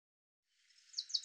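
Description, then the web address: Common chaffinch calls: a brief burst of faint, high-pitched chatter that ends in two short, sharp chirps in quick succession. "Deverinetal 2025 File cleaned normalized Bird Fr Co"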